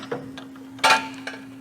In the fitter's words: snaps back in